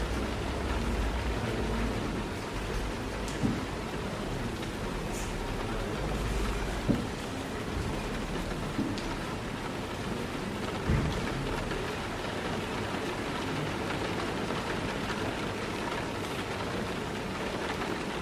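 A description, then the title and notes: Rain patters steadily on a window in a coffee shop, a dense, even hiss that holds level throughout. A low rumble sits beneath it for the first seven seconds, and a few sharp clinks or knocks stand out near 3, 7 and 11 seconds. Rainy Day Coffee Shop Ambience | Rain Sounds & Cafe Atmosphere.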